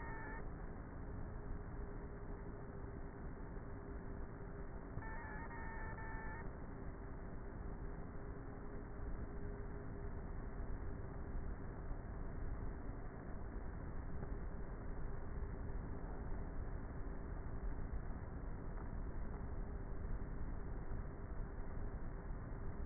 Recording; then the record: honeybee colony, microphone inside the hive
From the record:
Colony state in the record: queenless with a low population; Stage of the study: before two queens were removed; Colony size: about 30,000 bees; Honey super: no